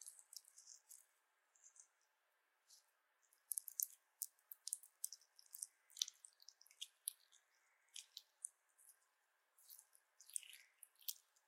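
Slippery jelly being squished and handled, making wet, sticky clicks and squelches in quick irregular bursts. The sounds are bright and crisp with almost no low end, packed densely around the fourth and tenth seconds, with short quiet gaps between clusters.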